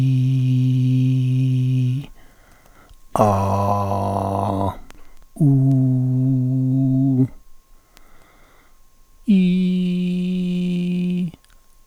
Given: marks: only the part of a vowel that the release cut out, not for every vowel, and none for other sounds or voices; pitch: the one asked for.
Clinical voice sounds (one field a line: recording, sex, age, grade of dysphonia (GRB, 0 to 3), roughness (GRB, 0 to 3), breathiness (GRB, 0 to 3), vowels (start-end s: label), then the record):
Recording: sustained vowels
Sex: male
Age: 60 to 69 years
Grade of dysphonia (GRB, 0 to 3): 2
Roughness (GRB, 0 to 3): 2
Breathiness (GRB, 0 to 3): 1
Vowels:
0.00-1.86 s: vowel /i/, normal pitch
3.26-4.47 s: vowel /a/, normal pitch
5.72-7.17 s: vowel /u/, normal pitch
9.38-11.15 s: vowel /i/, high pitch
From the record:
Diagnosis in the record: contact pachydermia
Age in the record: 60 years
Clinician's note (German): Kontaktpachydermie ohne "Kontaktpachydermie"